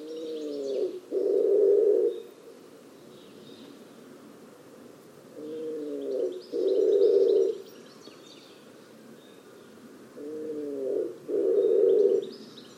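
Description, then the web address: Bird calling three times, roughly every five seconds, each a low tonal note followed by a harsh buzzy one; scattered faint high chirps throughout. "cianscape. Deverinetal. Bird Only"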